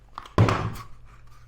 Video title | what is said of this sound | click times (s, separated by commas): Temu Holster Haul - Do They Actually Work? | but it doesn't lock in at all. There is zero retention on this. | none